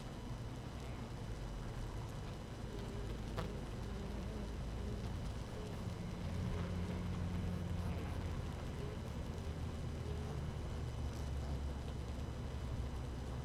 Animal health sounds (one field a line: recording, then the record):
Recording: honeybee colony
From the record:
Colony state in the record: active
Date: 12 June 2018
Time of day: 6:08